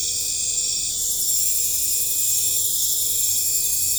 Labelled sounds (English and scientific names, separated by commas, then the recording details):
none
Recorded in pastures near Puerto Asís, Putumayo, Colombia, on 20 December 2024 at 21:00
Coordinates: 0.496, -76.326
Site G004